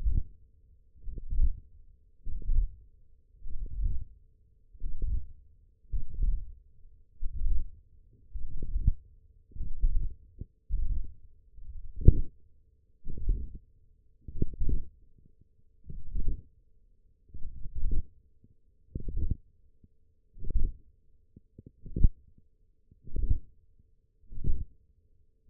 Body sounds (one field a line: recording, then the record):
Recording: forearm muscle sounds (acoustic myography)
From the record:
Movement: hand opening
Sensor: system 1, eight BSWA MPA416 microphones around the upper forearm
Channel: 5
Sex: female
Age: 20 years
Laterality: right